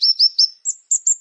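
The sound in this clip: Plain prinia singing six sharp, high notes in just over a second. The first three rise a little, and the last three sit higher and sound thinner. Nothing else is heard.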